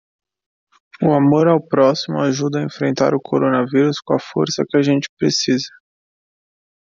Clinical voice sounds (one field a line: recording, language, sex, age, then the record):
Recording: spoken sentence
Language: Brazilian Portuguese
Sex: male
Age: 20 to 29 years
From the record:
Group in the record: control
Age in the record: 27 years